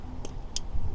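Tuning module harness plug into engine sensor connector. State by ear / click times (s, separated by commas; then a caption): seated / 0.6 s. A Race Chip tuning module harness plug is pushed onto its mating engine sensor wiring connector on a 1.8 TSI engine, over a low background rumble. A faint tick comes at about 0.3 s, then a sharp, louder click at 0.6 s as the connector seats and clicks into place.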